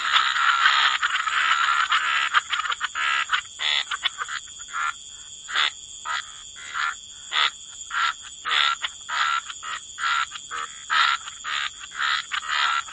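Frog chorus beginning as a dense mass of croaks, then breaking into short separate bursts, with a constant high hiss behind.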